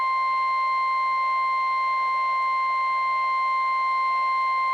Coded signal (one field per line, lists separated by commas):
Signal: Emergency Alert System (SAME) tones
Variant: 1050 Hz attention tone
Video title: EAS #188-#196: Small Event and a Random RMT | KHB36 & WINC